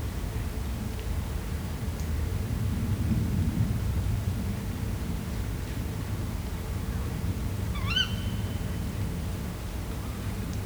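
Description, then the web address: Tawny owl giving a single sharp, high call that rises quickly and holds briefly, over a low steady rumbling background. Two tawny owls recorded in nature at Vizhaz, Hungary, in 2015, with a cardioid microphone. "allathangok termeszetben macskabagoly professzionalis 2015 kettomacskabagoly vizhaz cardioid"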